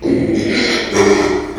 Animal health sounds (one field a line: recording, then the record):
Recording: squeal of a Yucatan mini pig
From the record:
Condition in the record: after surgery on the right vocal fold (resection and tissue-engineered implant)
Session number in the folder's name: 2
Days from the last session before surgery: 13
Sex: male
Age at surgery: 12 weeks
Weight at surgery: 13 kg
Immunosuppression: cyclosporine, prednisolone